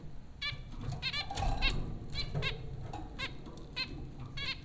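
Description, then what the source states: Zebra finch calls, frequent nasal beeps in quick succession above a persistent low background rumble. At Popcorn School, Flatbush, Brooklyn, New York, on April 15, 2009.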